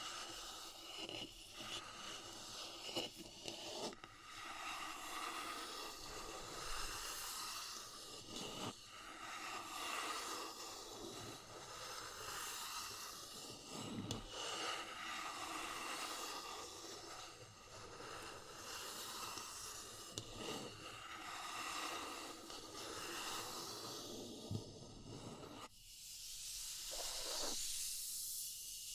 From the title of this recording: Natural Triggers Wood, Bamboo and Straw